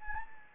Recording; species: mosquito wingbeat signal from an infrared sensor; Anopheles gambiae